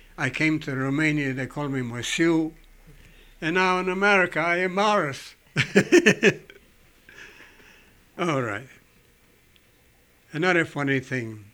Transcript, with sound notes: I came to Roumania, they called me Moisu, and now in America I am Morris. ( he laughs ) All right. Another funny thing.